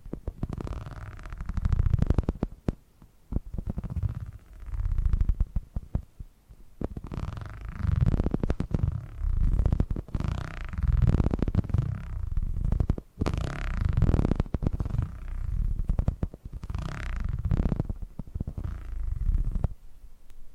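Purring sounds rise and fall in a steady rhythm, roughly every two seconds, each swell deep and throbbing with a rough, buzzy texture. Brief breathy, brighter bursts ride on top of some swells, and short quiet gaps separate the cycles.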